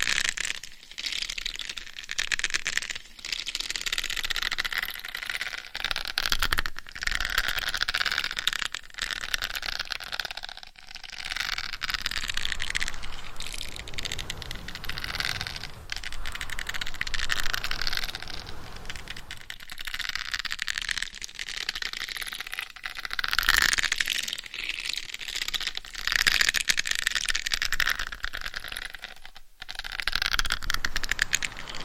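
Scratching and rubbing against a microphone cover, a dense, hissy scraping that runs almost without pause for the full half minute. The texture is bright and rough, swelling and thinning in uneven strokes, with brief near-silent breaks around 11, 20 and 29 seconds.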